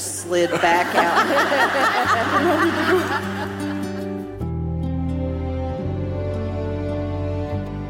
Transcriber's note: laughter